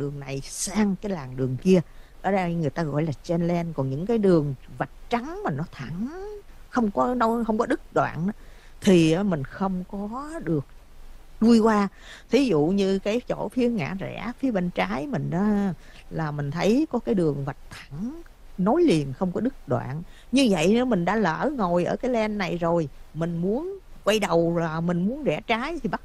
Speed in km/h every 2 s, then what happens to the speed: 0, 0, 0, 0, 0, 0, 0, 0, 0, 0, 0, 0, 0.
0-26 standing.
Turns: none.